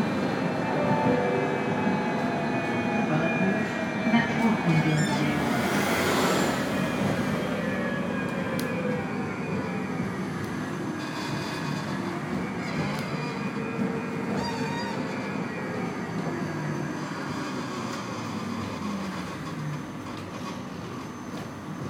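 An M6 tram runs steadily with a dense, continuous rumble and hiss that eases slightly in loudness over the 22 seconds. Whining tones glide upward and downward throughout, and brief bright squeals and rattles break through around five to seven seconds and again near fifteen seconds.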